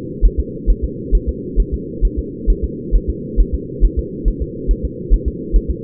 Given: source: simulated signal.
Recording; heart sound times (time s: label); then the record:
fetal heart sounds
0.25 s: S1
0.39 s: S2
0.70 s: S1
0.84 s: S2
1.15 s: S1
1.29 s: S2
1.60 s: S1
1.74 s: S2
2.05 s: S1
2.19 s: S2
2.50 s: S1
2.64 s: S2
2.95 s: S1
3.10 s: S2
3.40 s: S1
3.55 s: S2
3.85 s: S1
3.99 s: S2
4.28 s: S1
4.42 s: S2
4.71 s: S1
4.85 s: S2
5.14 s: S1
5.28 s: S2
5.56 s: S1
5.70 s: S2
From the record:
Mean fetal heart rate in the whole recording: 135 bpm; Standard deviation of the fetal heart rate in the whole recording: 3 bpm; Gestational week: 36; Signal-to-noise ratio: -4.1 dB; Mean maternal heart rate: no maternal heart sound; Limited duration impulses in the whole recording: absent